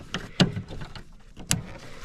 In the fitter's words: There we go. You heard that click.